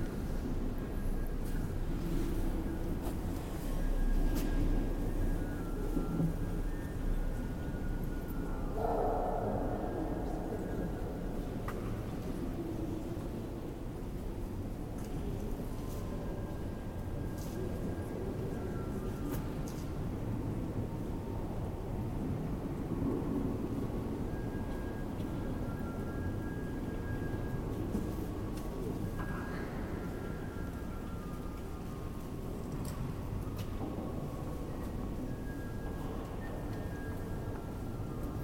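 Ambience at the Basilica Santa Maria del Mar in Barcelona: a steady, dense low rumble and murmur runs throughout at an even level. Faint thin tones drift in and out above it, with scattered soft knocks and a slightly busier moment around nine seconds.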